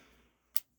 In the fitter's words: um just seems to be a lot more of a good positive click